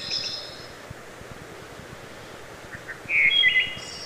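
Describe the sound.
Wood thrush phrase of soft lead-in notes followed by a ringing flutey note and a high trill, with faint hum behind.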